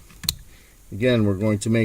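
A vehicle immobilizer plug on a 2006-2011 Honda Civic is pushed into the connector of a plug-and-play remote start T-harness. A faint contact at 0.2 s is followed by a loud, sharp plastic click at 0.3 s, and the plug seats and locks in. Someone then talks.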